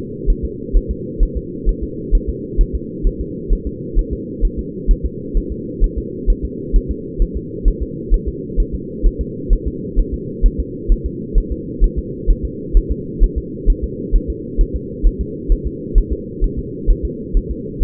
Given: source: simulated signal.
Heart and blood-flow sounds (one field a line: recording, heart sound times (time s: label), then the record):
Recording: fetal heart sounds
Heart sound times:
0.30 s: S1
0.45 s: S2
0.76 s: S1
0.91 s: S2
1.23 s: S1
1.37 s: S2
1.69 s: S1
1.83 s: S2
2.15 s: S1
2.29 s: S2
2.61 s: S1
2.75 s: S2
3.07 s: S1
3.21 s: S2
3.53 s: S1
3.67 s: S2
3.99 s: S1
4.13 s: S2
4.45 s: S1
4.59 s: S2
4.91 s: S1
5.06 s: S2
5.37 s: S1
5.52 s: S2
5.84 s: S1
5.98 s: S2
6.30 s: S1
6.45 s: S2
6.76 s: S1
6.91 s: S2
7.22 s: S1
7.37 s: S2
7.68 s: S1
7.82 s: S2
8.14 s: S1
8.28 s: S2
8.60 s: S1
8.75 s: S2
9.06 s: S1
9.21 s: S2
9.53 s: S1
9.68 s: S2
9.99 s: S1
10.14 s: S2
10.46 s: S1
10.60 s: S2
10.92 s: S1
11.06 s: S2
11.38 s: S1
11.52 s: S2
11.84 s: S1
11.99 s: S2
12.30 s: S1
12.45 s: S2
12.77 s: S1
12.92 s: S2
13.24 s: S1
13.38 s: S2
13.70 s: S1
13.84 s: S2
14.16 s: S1
14.30 s: S2
14.61 s: S1
14.76 s: S2
15.06 s: S1
15.21 s: S2
15.52 s: S1
15.67 s: S2
15.98 s: S1
16.12 s: S2
16.44 s: S1
16.59 s: S2
16.91 s: S1
17.05 s: S2
17.37 s: S1
17.51 s: S2
17.83 s: S1
From the record:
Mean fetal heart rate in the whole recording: 130 bpm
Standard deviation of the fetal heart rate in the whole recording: 2 bpm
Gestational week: 38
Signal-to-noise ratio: -4.1 dB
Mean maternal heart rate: no maternal heart sound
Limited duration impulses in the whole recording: absent